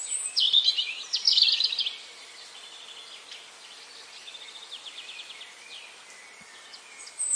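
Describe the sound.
Bird producing a dense flurry of high chirps for about two seconds, followed by faint scattered twitters and a final brief chirp over background hiss.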